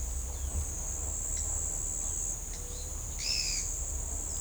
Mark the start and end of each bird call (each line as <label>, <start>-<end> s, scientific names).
Atalotriccus pilaris, 3.17-3.66 s